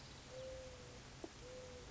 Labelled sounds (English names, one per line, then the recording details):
Mourning Dove
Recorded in Sonoma County, California